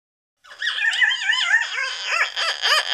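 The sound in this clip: Macaw giving harsh, warbling squawks that bend up and down, turning into a run of short, rough arched notes near the end.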